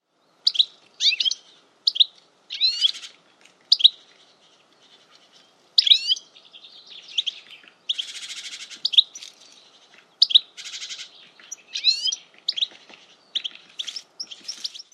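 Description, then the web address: Bird calls: sharp high chirps and down-slurred squeaky notes in irregular bursts, mixed with short raspy buzzy notes. "Deverinetal"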